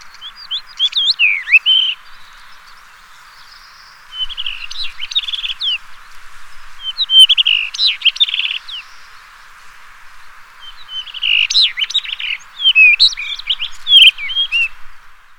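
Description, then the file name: Common rock thrush song, three bursts of fluty, warbled phrases with rising and falling notes and some buzzy trills, separated by pauses of a few seconds. "Monticola saxatilis"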